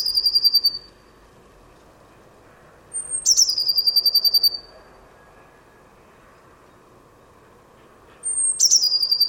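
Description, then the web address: Bird giving repeated calls roughly every five seconds, each a piercing high note running into a rapid chattering trill, the first cut off at the start, over a low background drone. "cianscape birddata Deverinetal 2025 Bird Only Cy Ca"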